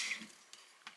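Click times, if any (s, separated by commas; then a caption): none. A lubricated O-ring sealed part of an APEC RO/UV water filter system, one that had sprung a leak, is pushed by hand into its housing. A soft hiss fades at the start, followed by two faint short ticks near 0.5 and 0.9 seconds. Nothing has seated or clicked into place yet.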